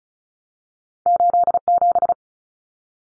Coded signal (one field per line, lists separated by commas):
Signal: Morse code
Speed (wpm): 34 wpm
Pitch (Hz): 700 Hz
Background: none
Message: 87